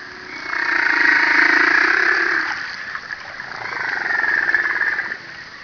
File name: humpback